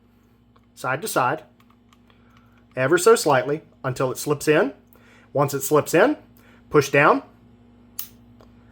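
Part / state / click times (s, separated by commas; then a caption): revolver cylinder into frame / seated / 8.0 s. A Ruger Wrangler revolver's cylinder is wiggled side to side into its frame during reassembly and then pushed down while someone talks. A sharp snap at 8.0 s marks the cylinder locking in place in the frame.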